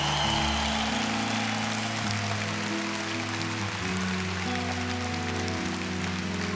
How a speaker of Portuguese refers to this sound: Palmas, por favor.